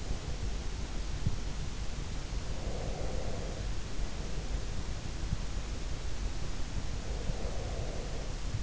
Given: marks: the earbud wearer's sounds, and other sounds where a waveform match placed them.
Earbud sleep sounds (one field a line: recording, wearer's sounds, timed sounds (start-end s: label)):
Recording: sounds in sleep by an in-ear microphone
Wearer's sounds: breath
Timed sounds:
2.66-4.64 s: breath
7.05-8.63 s: breath